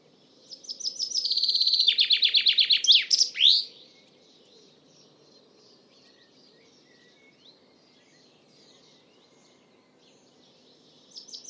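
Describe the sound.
Common chaffinch song: a rapid high trill running into a series of lower notes and a sharp terminal flourish, then quiet, with a new phrase starting at the end.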